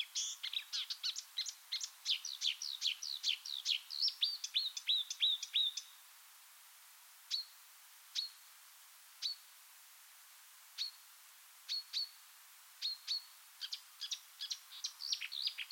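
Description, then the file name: Marsh warbler song: a long fast jumble of high chips and trills, a pause with single spaced notes, then quickening varied phrases. "suara-kicauan-burung-marsh-warbler -omkicau"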